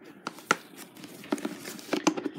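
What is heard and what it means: The second side handle of a plastic two-level baby play frame is pushed into its socket in the base after the first side, with a tight fit. Sharp clicks sound at 0.5 s and 2.1 s among softer plastic knocks and rustling. The side ends up locked in place.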